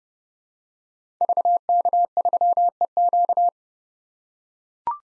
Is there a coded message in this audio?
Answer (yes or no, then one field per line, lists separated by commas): yes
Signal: Morse code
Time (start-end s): 1.2-3.5 s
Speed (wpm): 30 wpm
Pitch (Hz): 700 Hz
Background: none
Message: VK3EQ